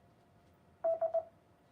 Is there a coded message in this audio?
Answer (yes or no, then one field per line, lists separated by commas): no